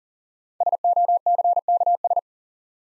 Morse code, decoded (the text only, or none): SOCKS